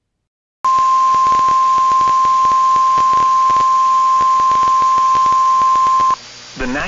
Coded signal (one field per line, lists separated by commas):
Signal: Emergency Alert System (SAME) tones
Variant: 1050 Hz attention tone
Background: speech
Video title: Lone Star Goodies! | EAS Alerts from April 28th, 2023 (EAS #2393-2417)